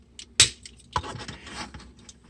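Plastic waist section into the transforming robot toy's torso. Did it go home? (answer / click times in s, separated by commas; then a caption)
yes / 0.4 s. During the change to robot mode on a Shinkalion Z E5 Yamanote transforming robot toy, the rotating plastic waist piece is pushed into the torso and clicks into place with a sharp, loud click at 0.4 s. Softer taps and plastic scraping follow as the toy is handled.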